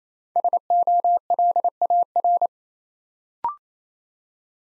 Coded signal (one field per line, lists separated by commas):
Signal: Morse code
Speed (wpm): 29 wpm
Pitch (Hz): 700 Hz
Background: none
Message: SOLAR